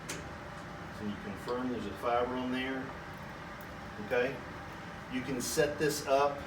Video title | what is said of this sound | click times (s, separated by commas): March 19, 2018 | so you put it on here there's a chip in here which will tell you where to set it and that type of thing you just turn it until it clicks okay | 0.1 s